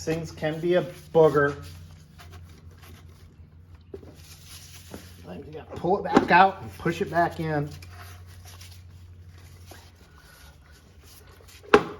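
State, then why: Seated. Someone talks while working on a Turbo 400 transmission under the car, pulling a fitting that was hard to seat back out, then pushing it back in and rotating it. After quiet handling noise, a sharp, loud click is heard at 11.7 s as the part seats into place.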